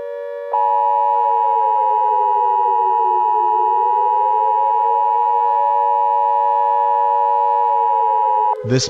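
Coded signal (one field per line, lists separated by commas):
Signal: Emergency Alert System (SAME) tones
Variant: 853 and 960 Hz attention tone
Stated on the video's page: Fictional alert scenario announcing that the nation is under attack.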